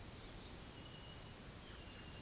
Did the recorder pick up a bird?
no